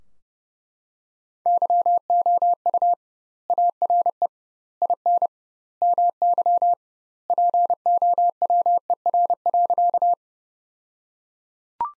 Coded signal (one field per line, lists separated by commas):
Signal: Morse code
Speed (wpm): 32 wpm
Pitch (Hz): 700 Hz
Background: none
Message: YOU ARE IN MY POWER.